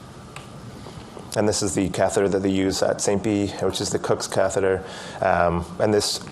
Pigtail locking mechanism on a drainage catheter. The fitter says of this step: so this will click into place when you've locked it